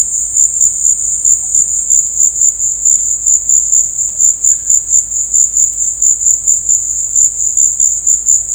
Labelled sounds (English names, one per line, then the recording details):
none
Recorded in dense forest near Puerto Asís, Putumayo, Colombia, on 22 December 2024 at 16:00
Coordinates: 0.481, -76.323
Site G100